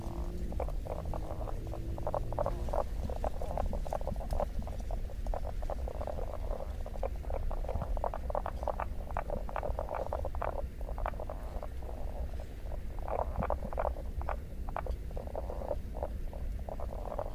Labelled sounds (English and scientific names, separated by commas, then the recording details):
Common Spadefoot (Pelobates fuscus) call
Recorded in the wild
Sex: male
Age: adult
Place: Hobrechtsfelder Rieselfelder, Naturpark Barnim, Berlin, DE
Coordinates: 52.667, 13.473
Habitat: lake
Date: 2012-04-25 21:10
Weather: air 10 °C, water 10 °C, sunny, weak winds
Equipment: Sound Devices 702, Sennheiser MKH 415 T, Rhode Windschutz
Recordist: Frommolt, Karl-Heinz